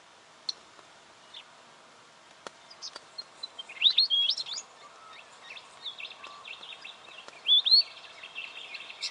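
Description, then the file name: Weebill song: bright, high twittering phrases a few times, among scattered thin chirps. "canto do gerigono de bico curto"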